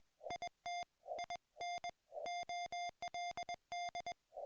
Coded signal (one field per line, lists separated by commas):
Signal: Morse code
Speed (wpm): 21 wpm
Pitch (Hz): 2100 Hz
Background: music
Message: IT IN OLD